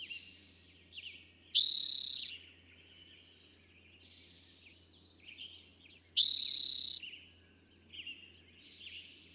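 Eastern towhee song: two loud buzzy trills about four and a half seconds apart, with softer chirps in between.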